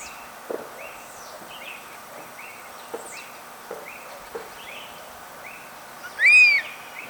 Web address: xeno-canto aigle tyran